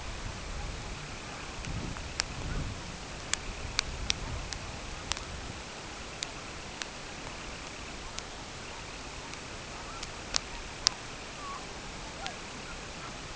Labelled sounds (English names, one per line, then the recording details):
Semipalmated Sandpiper
unidentified sound
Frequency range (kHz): Semipalmated Sandpiper 1.9-3.2 kHz
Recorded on Arctic tundra, site CORI-1, on 12 June 2018
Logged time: 08:00